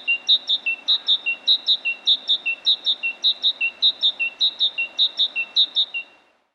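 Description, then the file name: Great tit calling in a steady run of repeated phrases, clear high notes followed by a lower one, repeated briskly and evenly, with faint background hiss. "Parus major"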